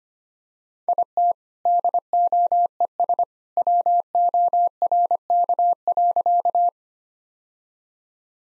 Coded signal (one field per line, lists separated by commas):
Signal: Morse code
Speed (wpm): 25 wpm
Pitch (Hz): 700 Hz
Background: none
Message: IT DOES WORK.